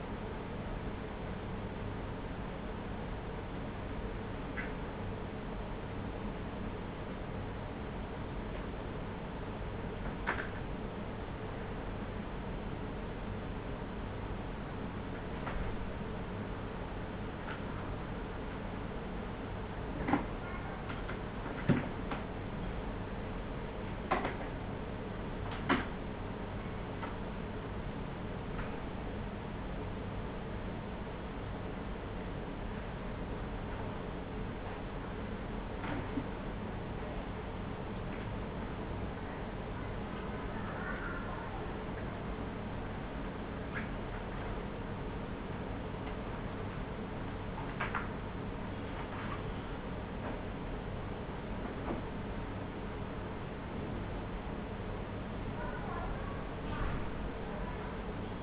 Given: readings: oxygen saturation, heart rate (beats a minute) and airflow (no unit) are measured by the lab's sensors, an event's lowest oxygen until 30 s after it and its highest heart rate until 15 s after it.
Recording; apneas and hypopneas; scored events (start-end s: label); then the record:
a person awake in a sleep study, by a voice recorder at the bedside; none
0.00-58.43 s: awake
0.00-58.43 s: awake
From the record:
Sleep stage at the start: awake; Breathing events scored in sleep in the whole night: 210 in 6.9 hours asleep